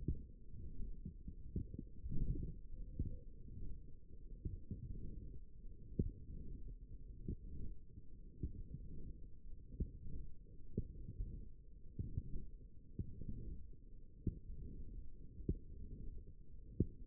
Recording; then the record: forearm muscle sounds (acoustic myography)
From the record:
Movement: forearm supination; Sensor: system 1, eight BSWA MPA416 microphones around the upper forearm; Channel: 2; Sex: female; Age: 21 years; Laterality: right